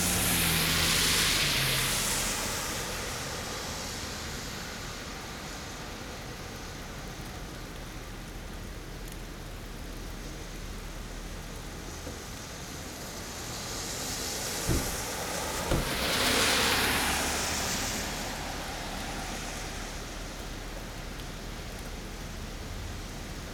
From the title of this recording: Cars Passing on a Rainy Day